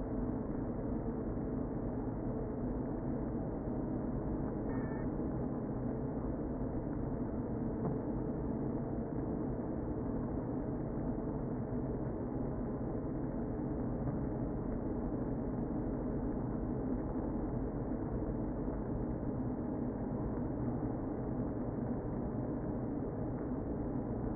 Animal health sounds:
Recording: honeybee colony, microphone inside the hive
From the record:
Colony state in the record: queen present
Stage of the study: before two queens were removed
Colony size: about 60,000 bees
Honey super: yes

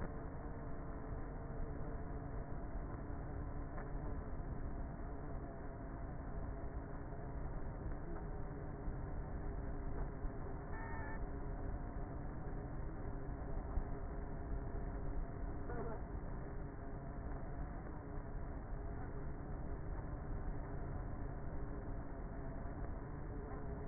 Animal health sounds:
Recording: honeybee colony, microphone inside the hive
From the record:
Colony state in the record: queenless with a low population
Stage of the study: before two queens were removed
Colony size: about 30,000 bees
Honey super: no

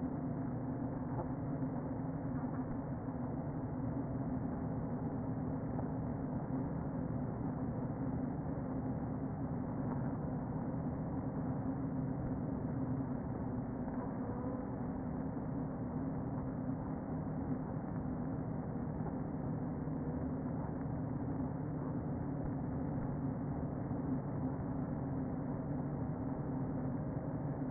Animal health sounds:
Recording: honeybee colony, microphone inside the hive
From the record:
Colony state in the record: queen present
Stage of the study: before two queens were removed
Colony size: about 60,000 bees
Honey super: yes

